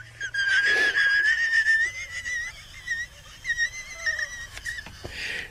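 An adult woman who has been sick laughs with a wheeze, holding back a full laugh that is on the verge of turning into a cough.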